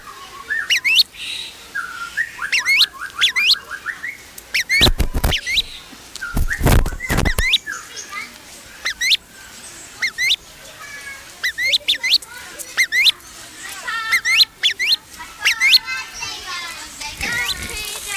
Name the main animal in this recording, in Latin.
Psophia crepitans